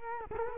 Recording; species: mosquito wingbeat signal from an infrared sensor; Culex quinquefasciatus